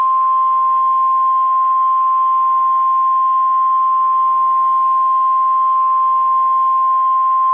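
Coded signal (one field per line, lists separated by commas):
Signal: Emergency Alert System (SAME) tones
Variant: 1050 Hz attention tone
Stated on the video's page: Simulated Halloween-themed EAS alert in retro style, one of a series of scenario recreations.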